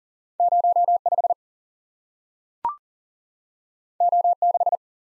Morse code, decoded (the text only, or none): 05 O6